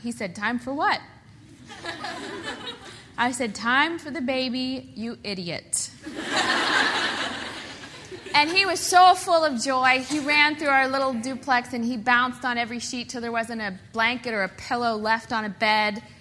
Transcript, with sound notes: He said, “Time for what?” I said, “Time for the baby, you idiot.” (Laughter) He was so full of joy. He ran through our little duplex, and he bounced on every sheet until there wasn’t a blanket or a pillow left on a bed,